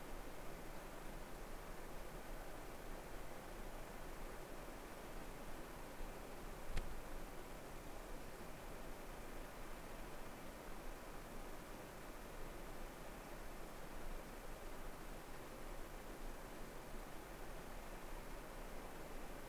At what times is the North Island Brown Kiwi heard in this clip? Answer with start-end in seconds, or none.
none